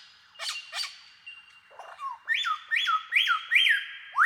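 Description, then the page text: Superb lyrebird song, a few harsh chatters and a soft pause, then a steady run of four loud whistles that rise and hold, ending with a sharp upsweep. "Большая птица-лира - Superb Lyrebird (Menura novaehollandiae)"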